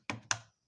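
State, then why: Seated. A RAM stick is pressed into a motherboard DIMM slot, and the plastic latch on the other side of the memory module snaps shut. A softer tap at 0.1 s is followed by a sharp click at 0.3 s, and the module is seated and locked.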